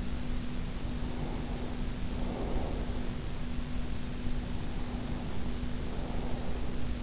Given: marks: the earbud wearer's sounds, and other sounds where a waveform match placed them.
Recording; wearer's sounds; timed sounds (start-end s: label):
sounds in sleep by an in-ear microphone; breath
0.81-3.28 s: breath
4.66-7.02 s: breath